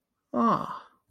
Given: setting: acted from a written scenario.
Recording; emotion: vocal sound without words; realization